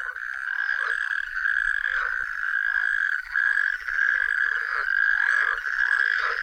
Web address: Tajemnice puszczy Ropucha piaskówka